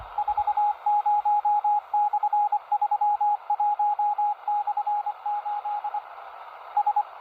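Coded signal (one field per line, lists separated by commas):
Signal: Morse code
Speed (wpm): 24 wpm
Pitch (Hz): 830 Hz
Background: radio noise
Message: 40/31/8 S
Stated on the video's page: Morse heard on 10540 kHz USB, Russian nautical military information, received on a Panasonic RF-B45 portable radio with its telescopic antenna in Bulgaria.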